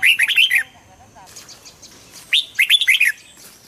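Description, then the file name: Red-whiskered bulbul giving two fast bubbly chirping phrases, one at the start and one near the end, with faint twitters between. Hue strain red-whiskered bulbul singing in the 'giọng kép' (double voice) song style. "Tieng chao mao hue hot giong kep"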